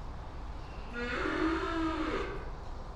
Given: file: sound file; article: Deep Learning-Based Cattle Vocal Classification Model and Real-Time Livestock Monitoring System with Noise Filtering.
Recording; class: cattle; normal call